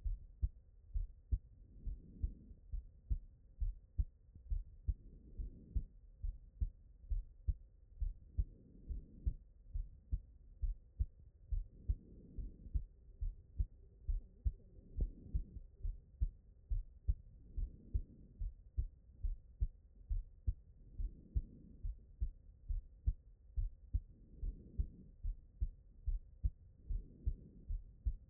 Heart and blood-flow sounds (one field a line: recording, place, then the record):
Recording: heart sounds by stethoscope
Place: pulmonary valve (PV)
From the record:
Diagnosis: non-HFrEF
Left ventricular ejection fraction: 63%